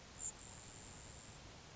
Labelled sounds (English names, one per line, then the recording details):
Grasshopper Sparrow
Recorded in Sonoma County, California